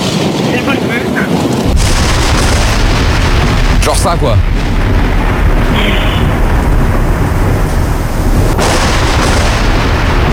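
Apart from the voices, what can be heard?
thunder rumbling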